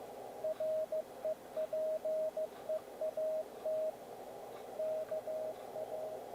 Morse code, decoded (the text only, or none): REPEAT KA